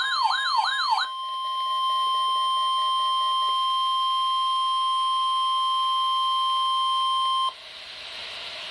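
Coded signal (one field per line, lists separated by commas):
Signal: Emergency Alert System (SAME) tones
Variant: 1050 Hz attention tone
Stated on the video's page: Required Weekly Test from a NOAA Weather Radio station in St. Louis, Missouri.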